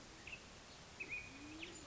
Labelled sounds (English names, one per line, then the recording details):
Band-tailed Pigeon
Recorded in Sonoma County, California